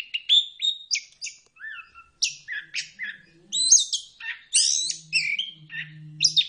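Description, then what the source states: Birdsong with mixed chirps, squeaky whistles and buzzy notes changing quickly, over a faint low hum in the second half. Bird chirping song played for training and mastering pet birds.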